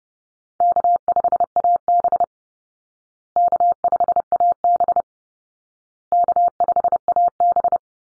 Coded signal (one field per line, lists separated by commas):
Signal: Morse code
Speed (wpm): 30 wpm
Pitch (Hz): 700 Hz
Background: none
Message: K5AB K5AB K5AB